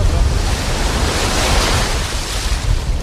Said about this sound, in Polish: W takich warunkach staramy się daleko nie wychodzić, ponieważ fale troszkę jednak są. No i tą osobę oczywiście będzie troszkę na tych falach unosić, tak?